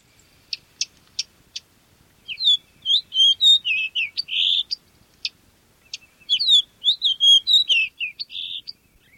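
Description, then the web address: Fox sparrow giving a few sharp, high chip notes, then rich, warbled whistled phrases of sliding notes, followed by more chips and another sweet warbling phrase. "Thumbs Plus Zoo Field Guide Repository"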